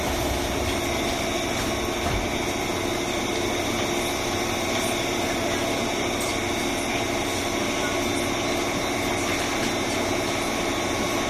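A JR 201 series train hums steadily with a dense low rumble and thin whining tones above, its loudness unchanging throughout.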